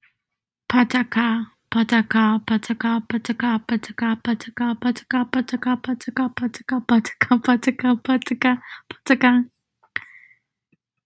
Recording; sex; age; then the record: repeated syllables /pa ta ka/; female; 20 to 29 years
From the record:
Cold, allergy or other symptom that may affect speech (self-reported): no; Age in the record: 22 years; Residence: Oklahoma, United States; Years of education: 14